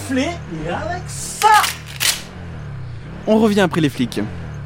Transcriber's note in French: Bruit sinistre d'un fusil à pompe qu'on arme